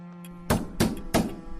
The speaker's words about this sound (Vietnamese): Tiếng gõ cửa lại tiếp tục vang lên.